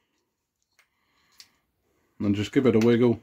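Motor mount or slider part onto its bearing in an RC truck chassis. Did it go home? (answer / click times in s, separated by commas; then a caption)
no / none. A motor mount or slider part is lined up from the side with its bearing in an Arrma Kraton 8s M2C RC truck chassis, making only faint handling ticks around 0.8 s and 1.4 s. Someone then talks from about 2.2 s to the end. Nothing has seated or clicked into place yet.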